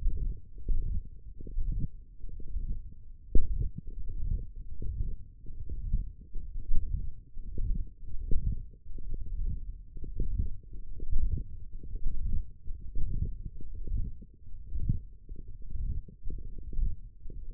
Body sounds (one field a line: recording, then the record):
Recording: forearm muscle sounds (acoustic myography)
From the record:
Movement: hook grip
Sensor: system 1, eight BSWA MPA416 microphones around the upper forearm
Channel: 3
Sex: male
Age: 23 years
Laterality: right